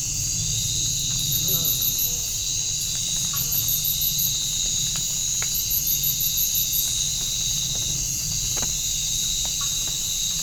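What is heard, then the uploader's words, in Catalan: A field recording of a natural setting filled with a steady, dense chorus of crickets and other insects, holding several high, unbroken tones. A faster, very high chirping trill surges in three short bursts, roughly every two seconds, over a low, constant rumble and occasional faint clicks. Enregistraments de camp d’entorns medioambientals en procés de canvi irreversible.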